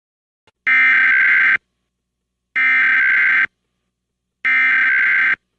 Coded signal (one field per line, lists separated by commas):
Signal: Emergency Alert System (SAME) tones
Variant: header bursts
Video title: EAS Remake Mock: Early Morning Tornado Warning for Canadian and Oklahoma Counties